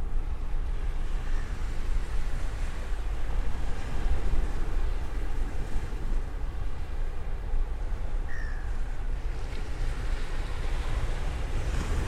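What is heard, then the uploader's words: Waves wash steadily on the beach in a dense, low rumbling roar, with faint bird chirps near two and eight seconds. The Sound of the Beach.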